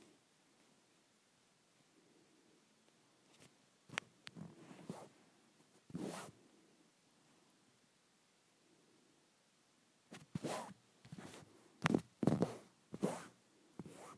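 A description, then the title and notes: Fabric being handled, with soft rustles and brief sharp swishes that sweep from low to bright. Scattered strokes come around 4 to 6 seconds, a quiet stretch follows, then a denser run of quick, crisp rubs from 10 seconds to the end. ASMR Satisfying Fabric.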